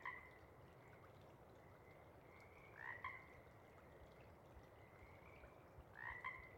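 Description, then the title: Pacific chorus frog calls, a few two-part croaking notes spaced about three seconds apart over a steady soft background hiss. Sparse chorus before dawn as first light appears; most frogs have gone back to their burrows while a few individuals keep calling to attract a mate. "Chorus Frogs, Sparse, pre-Dawn"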